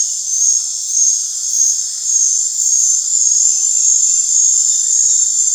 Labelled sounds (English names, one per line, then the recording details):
none
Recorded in dense forest near Puerto Asís, Putumayo, Colombia, on 21 December 2024 at 19:30
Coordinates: 0.468, -76.322
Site G071